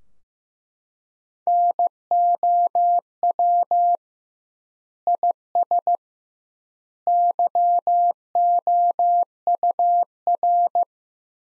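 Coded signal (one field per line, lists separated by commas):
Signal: Morse code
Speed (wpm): 15 wpm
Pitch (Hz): 700 Hz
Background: none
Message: NOW IS YOUR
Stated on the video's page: Morse practice: sentences built from the top 100 words at 15 wpm with double word-spacing, a word-based Farnsworth-like approach.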